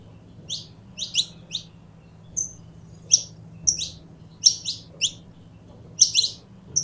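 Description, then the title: Belgian canary delivering quick, bright chirps in pairs and triplets, with a few short high whistles between them; a faint low hum runs underneath. Pure Belgian canary breed. "Canto Do Canário Belga Puro"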